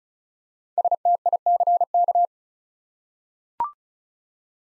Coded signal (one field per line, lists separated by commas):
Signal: Morse code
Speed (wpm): 36 wpm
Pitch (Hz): 700 Hz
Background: none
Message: STICK